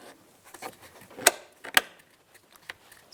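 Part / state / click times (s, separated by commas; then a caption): plastic trim cover into door panel / seated / 1.3 s, 1.8 s. A plastic trim panel cover is slid into the door panel of a 2009-2019 Ford Flex during a side mirror replacement, with soft sliding and rubbing sounds. It gives two sharp clicks at 1.3 and 1.8 seconds as it seats securely, followed by a few quieter taps.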